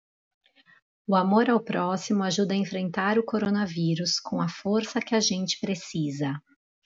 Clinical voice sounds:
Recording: spoken sentence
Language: Brazilian Portuguese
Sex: female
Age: 30 to 39 years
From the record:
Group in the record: control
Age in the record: 36 years

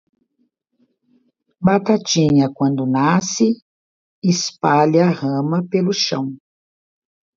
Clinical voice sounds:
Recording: short text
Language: Brazilian Portuguese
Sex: female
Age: 60 to 69 years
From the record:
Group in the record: control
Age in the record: 68 years

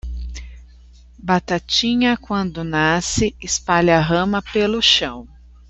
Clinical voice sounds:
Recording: short text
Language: Brazilian Portuguese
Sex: female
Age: 40 to 49 years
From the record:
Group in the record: control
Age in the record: 41 years

